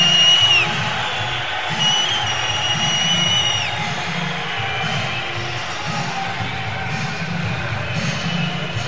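A large crowd cheers and applauds in a steady, dense roar for several seconds, with a few high whistles sliding over the noise early on. It is an ovation at the official opening of Campus Party, after Stephen Hawking's words "Welcome to Campus Party".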